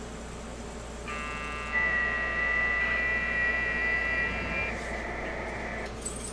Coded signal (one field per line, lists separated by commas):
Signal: FT8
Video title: ham radio live: